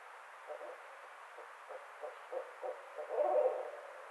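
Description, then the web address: Barred owl heard faintly through steady background hiss: a spaced series of soft hoots ending in a slightly louder, longer note. Recorded on 29 May 2009. "Barred Owl 2009 05 29"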